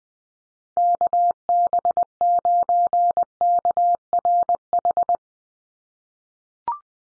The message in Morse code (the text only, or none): KB9KRH